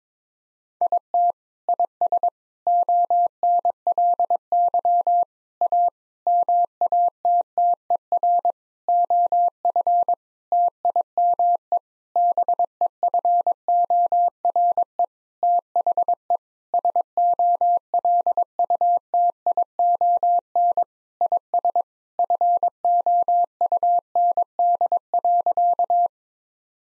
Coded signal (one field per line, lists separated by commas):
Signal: Morse code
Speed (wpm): 22 wpm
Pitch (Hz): 700 Hz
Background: none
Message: IT IS ONLY A MATTER OF TIME BEFORE THE SOLUTION IS FOUND.